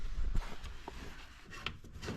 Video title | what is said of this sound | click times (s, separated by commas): Similarities and Differences Between Deutz D130 06 and D45 06 | So turn it. You hear it clicking. Those are notches to engage it. | 0.9 s, 1.7 s